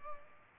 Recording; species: mosquito wingbeat signal from an infrared sensor; Culex pipiens